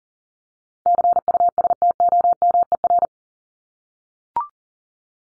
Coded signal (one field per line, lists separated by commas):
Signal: Morse code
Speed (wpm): 40 wpm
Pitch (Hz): 700 Hz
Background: none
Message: CUSTOMER